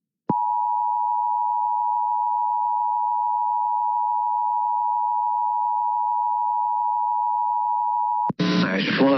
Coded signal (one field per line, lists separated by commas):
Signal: Emergency Alert System (SAME) tones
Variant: 853 and 960 Hz attention tone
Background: speech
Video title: EAS || Flash Flood Emergency in Wheeling, WV